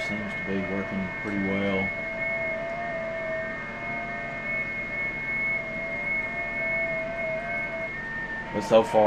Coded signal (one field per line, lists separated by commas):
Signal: FT8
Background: speech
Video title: WSJT-X and GridTracker on #ft8 FT8 #hamradio